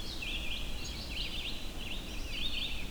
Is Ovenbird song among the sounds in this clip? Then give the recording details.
no. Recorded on 25 June 2016 at 05:05. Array SBT-6-76